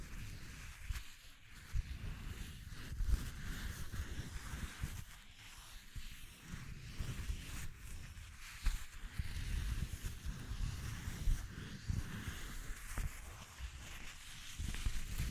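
An ASMR recording of textures being explored, heard as a low, rumbling rub that keeps going with an uneven, shifting grain. Soft scratches and small taps break through now and then, and a faint hiss runs above.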